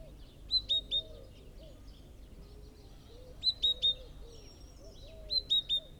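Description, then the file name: Great tit giving clear, high three-note phrases, each bright note evenly spaced, repeated in three bursts, with soft low curving calls of another animal underneath. "Parus major"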